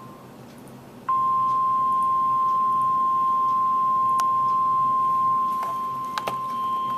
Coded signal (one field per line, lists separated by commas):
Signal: Emergency Alert System (SAME) tones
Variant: 1050 Hz attention tone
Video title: Civil Emergency Message [EAS #875] (2/11/2014)